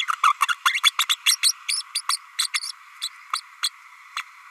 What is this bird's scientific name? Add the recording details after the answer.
Forpus passerinus. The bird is a female. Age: 32 days. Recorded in a nest box in Venezuela. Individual 17B32A5